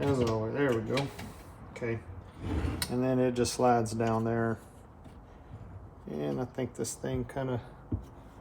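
A steering column piece is fitted into the column assembly of a 1965 Ford Thunderbird during a steering column rebuild, while someone talks. Short, light knocks and handling noises come between the speech. Nothing has seated or clicked into place yet.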